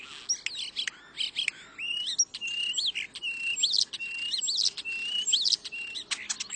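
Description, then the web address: European starling song: a continuous jumble of warbled whistles, clicks, rattles and wavering squeaks, rich and varied throughout. "cotor. European Starling"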